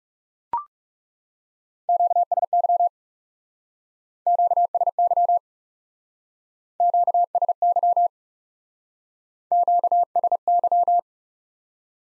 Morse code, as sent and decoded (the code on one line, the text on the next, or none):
--.- ... -.-- / --.- ... -.-- / --.- ... -.-- / --.- ... -.--
QSY QSY QSY QSY